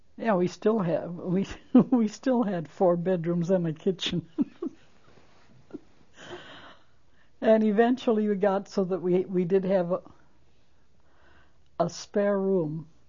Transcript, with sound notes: we still have, we still had four bedrooms and a kitchen. (She laughs.) And eventually we got so we did have a spare room